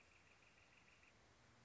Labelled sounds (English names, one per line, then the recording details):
Northern Flicker
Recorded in Sonoma County, California